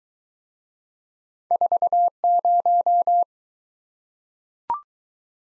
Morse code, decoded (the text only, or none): 40